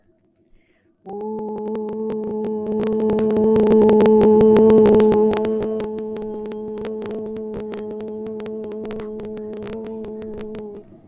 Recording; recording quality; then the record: sustained vowel as in boot; moderate, slight background noise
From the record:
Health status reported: healthy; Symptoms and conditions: none ticked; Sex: female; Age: 33 years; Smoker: not ticked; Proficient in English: yes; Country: India